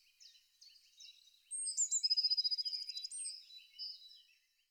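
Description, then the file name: Eurasian blue tit delivering one phrase: a few high thin notes and then a fast, ringing trill lasting over a second, amid quieter chirping. "pimpelmees"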